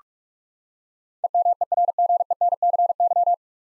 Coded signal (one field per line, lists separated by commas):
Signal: Morse code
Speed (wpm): 42 wpm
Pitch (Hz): 700 Hz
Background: none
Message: EMERGENCY